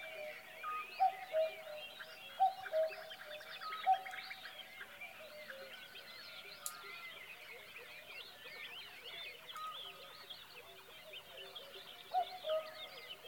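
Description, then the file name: Cuckoo calls a descending two-note cu-coo three times, goes quiet, then calls once more, set against a busy chorus of warbling songbirds. "minutes of cuckoos"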